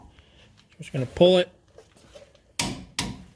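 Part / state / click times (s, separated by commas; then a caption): torque wrench on brake caliper bracket bolt / torque reached / 2.6 s, 3.0 s. A click-type torque wrench set to 140 is pulled on a front brake caliper bracket bolt on a Chevy Silverado pickup truck. Someone talks, then the wrench gives two sharp clicks at 2.6 s and 3.0 s, showing the bolt has reached the set torque.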